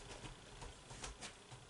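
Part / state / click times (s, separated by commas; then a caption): lamp stem into lamp base / not seated / none. A Cricut Bright 360 lamp's stem is pushed firmly down onto its base, which rests on the floor. Soft rustling and handling scuffs are heard, with a brief sharper knock around 1.0 s. Nothing has seated or clicked yet.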